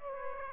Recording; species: mosquito wingbeat signal from an infrared sensor; Aedes aegypti